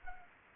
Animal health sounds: mosquito wingbeat signal from an infrared sensor; Anopheles arabiensis

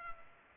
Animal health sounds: mosquito wingbeat signal from an infrared sensor; Culex pipiens

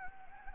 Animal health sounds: mosquito wingbeat signal from an infrared sensor; Anopheles gambiae

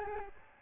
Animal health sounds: mosquito wingbeat signal from an infrared sensor; Aedes albopictus

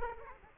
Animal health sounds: mosquito wingbeat signal from an infrared sensor; Aedes aegypti

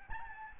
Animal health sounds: mosquito wingbeat signal from an infrared sensor; Aedes albopictus

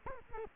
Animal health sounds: mosquito wingbeat signal from an infrared sensor; Culex quinquefasciatus

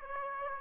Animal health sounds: mosquito wingbeat signal from an infrared sensor; Aedes aegypti

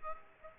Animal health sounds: mosquito wingbeat signal from an infrared sensor; Aedes aegypti

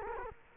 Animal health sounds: mosquito wingbeat signal from an infrared sensor; Culex quinquefasciatus

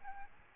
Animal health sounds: mosquito wingbeat signal from an infrared sensor; Aedes albopictus

